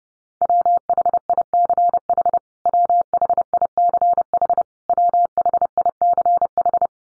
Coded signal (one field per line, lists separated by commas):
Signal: Morse code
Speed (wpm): 30 wpm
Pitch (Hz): 700 Hz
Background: none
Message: WHICH WHICH WHICH